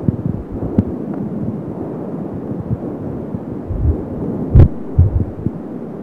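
Rapid, muffled whooshing pulses over steady low noise: a normal fetal heartbeat at 9 weeks 4 days of pregnancy.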